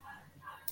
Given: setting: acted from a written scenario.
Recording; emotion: vocal sound without words; serenity